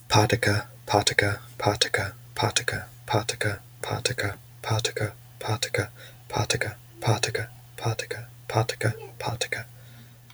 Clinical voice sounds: repeated syllables /pa ta ka/; male; 30 to 39 years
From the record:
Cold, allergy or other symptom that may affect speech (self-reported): no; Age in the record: 33 years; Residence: Virginia, United States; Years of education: 16

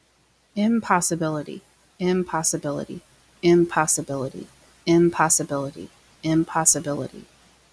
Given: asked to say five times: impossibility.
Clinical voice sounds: repeated word; female; 30 to 39 years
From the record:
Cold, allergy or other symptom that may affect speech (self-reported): no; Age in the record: 30 years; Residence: Wisconsin, United States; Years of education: 16

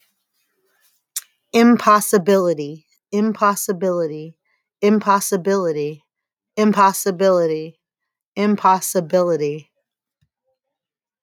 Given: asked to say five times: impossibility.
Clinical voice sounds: repeated word; female; 40 to 49 years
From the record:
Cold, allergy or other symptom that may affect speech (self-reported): no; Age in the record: 42 years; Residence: Pennsylvania, United States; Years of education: 12

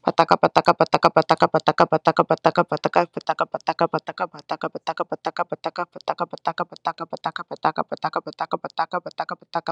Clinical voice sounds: repeated syllables /pa ta ka/; female; 20 to 29 years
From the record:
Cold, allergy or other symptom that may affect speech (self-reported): no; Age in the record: 26 years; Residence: Florida, United States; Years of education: 16

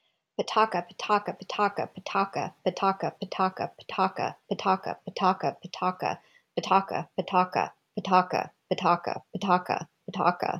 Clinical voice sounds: repeated syllables /pa ta ka/; female; 40 to 49 years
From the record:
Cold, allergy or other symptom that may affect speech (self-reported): no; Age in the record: 45 years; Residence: California, United States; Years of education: 13

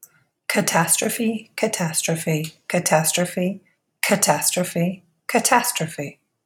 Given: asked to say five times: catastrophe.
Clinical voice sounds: repeated word; female; 40 to 49 years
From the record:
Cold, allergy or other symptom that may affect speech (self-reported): no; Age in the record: 44 years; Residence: California, United States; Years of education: 15

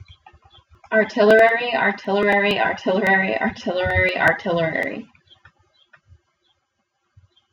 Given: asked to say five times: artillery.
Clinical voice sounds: repeated word; female; 30 to 39 years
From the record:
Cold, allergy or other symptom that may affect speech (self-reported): no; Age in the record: 32 years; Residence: Ohio, United States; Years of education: 20

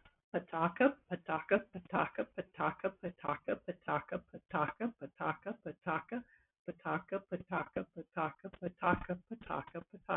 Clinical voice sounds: repeated syllables /pa ta ka/; female; 50 to 59 years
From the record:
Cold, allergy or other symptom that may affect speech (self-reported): no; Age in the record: 57 years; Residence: Nevada, United States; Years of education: 16

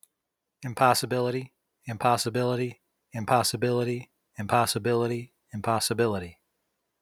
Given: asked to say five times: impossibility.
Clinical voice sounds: repeated word; male; 50 to 59 years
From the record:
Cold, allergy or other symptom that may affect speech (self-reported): no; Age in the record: 50 years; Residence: Michigan, United States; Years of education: 16

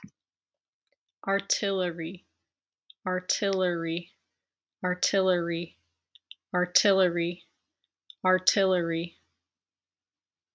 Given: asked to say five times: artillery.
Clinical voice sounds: repeated word; female; 30 to 39 years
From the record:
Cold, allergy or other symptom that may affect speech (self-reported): no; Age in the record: 36 years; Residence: North Carolina, United States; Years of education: 16

